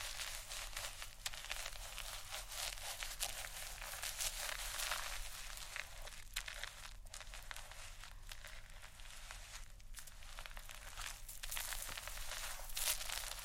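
Scalp massage with dense, steady scratching and brushing through hair, a bright crinkly rustle that rarely pauses, over a low constant hum.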